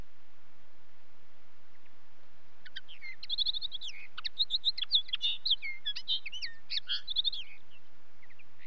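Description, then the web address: Common linnet delivering a sustained, rambling twitter of quick high chirps, trills and slurred notes lasting nearly five seconds, over a faint low background hum. "BBC Sound Effects Library - Birds Linnet"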